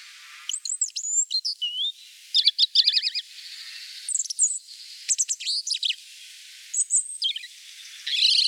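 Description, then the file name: European robin singing a string of high, liquid phrases, mixing clear whistles, rapid trills and sharp twittering notes with short gaps between them; faint background hiss. "rougegorge"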